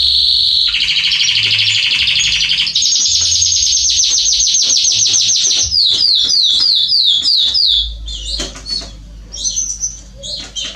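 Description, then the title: Canary song, a buzzy rolling trill that steps up to a fast high trill, then a run of descending slurred notes and scattered chips. Male Belgian canary singing a lot, used to warm up and train young canaries. "Canary Training 17 Esquente Seu Filhote E Canario Belga Em 30 Minutos Macho Cantando Muito. CANTO DO CANRIO"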